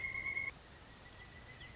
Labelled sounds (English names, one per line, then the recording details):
Pileated Woodpecker
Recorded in Sonoma County, California